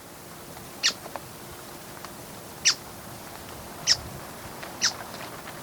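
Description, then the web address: Buff-browed foliage-gleaner calling with four abrupt, harsh chips spaced one to two seconds apart, faint softer ticks between them. Recorded in Ecuador. "Birds of Ecuador. Buff-browed Foliage-gleaner"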